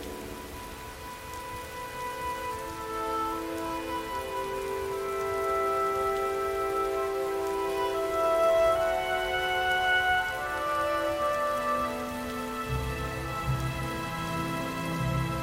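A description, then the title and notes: Steady rain patters under slow, sustained music, its long held notes shifting gradually from one chord to the next. The overall level stays even, swelling slightly near the middle, and deep low notes enter around twelve seconds in. Skyrim - Music & Ambience - Rainy Solstheim.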